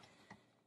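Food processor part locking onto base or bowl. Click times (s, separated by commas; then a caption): 0.3 s. With a Cuisinart Elemental 13 Cup Food Processor with Dicing (FP-13DGM) switched off, a food processor part is locked into place on its base or bowl. A single sharp mechanical click sounds at 0.3 s over low background noise, and the part is seated.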